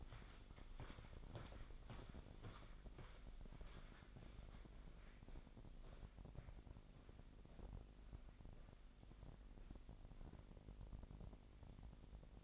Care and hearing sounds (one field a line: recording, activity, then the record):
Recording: daily activity, microphone in the room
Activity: walk to room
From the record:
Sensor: 5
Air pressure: 999.6 hPa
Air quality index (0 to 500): 226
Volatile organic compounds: 23 ppm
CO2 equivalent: 2772 ppm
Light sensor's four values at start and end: 33/75/30/29 and 35/81/32/31